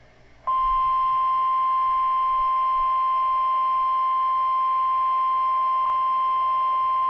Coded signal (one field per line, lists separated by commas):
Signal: Emergency Alert System (SAME) tones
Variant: 1050 Hz attention tone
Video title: EAS | NOAA Weather Radio West Coast Great ShakeOut 2024 Earthquake Drill